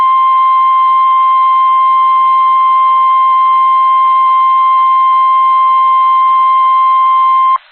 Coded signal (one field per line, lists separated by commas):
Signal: Emergency Alert System (SAME) tones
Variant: 1050 Hz attention tone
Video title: SEVERE T-STORM WARNING (EAS ALERT 153)